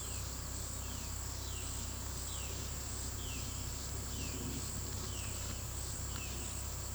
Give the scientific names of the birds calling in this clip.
Cyanocorax violaceus